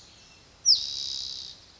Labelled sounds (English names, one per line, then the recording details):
Spotted Towhee
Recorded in Sonoma County, California